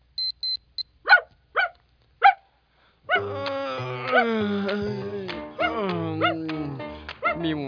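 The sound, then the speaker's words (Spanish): A few quick electronic beeps, then a house dog gives three sharp, evenly spaced barks before a person starts talking steadily over the rest. “¡Chito perro!”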